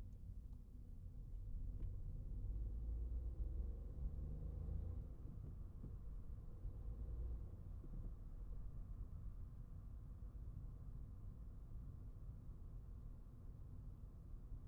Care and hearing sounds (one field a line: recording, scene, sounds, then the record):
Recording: everyday scene through a hearing-aid microphone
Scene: in a vehicle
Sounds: engine, traffic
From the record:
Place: Skoda Fabia, gasoline engine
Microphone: behind the ear, right, rear